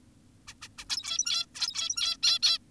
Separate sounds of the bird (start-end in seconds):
0.48-0.54, 0.62-0.68, 0.78-0.85, 0.90-1.46, 1.55-2.17, 2.23-2.39, 2.42-2.58